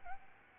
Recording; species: mosquito wingbeat signal from an infrared sensor; Aedes albopictus